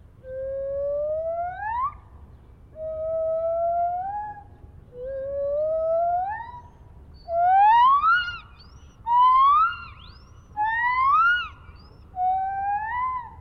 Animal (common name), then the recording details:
Lar Gibbon. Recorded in captivity. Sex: group. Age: adult. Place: Tierpark Berlin, Berlin, DE. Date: 1971-07-31. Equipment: Uher 4200 Report Stereo, Sennheiser MD 421, Tesla-Verstärker. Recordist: Tembrock, Günter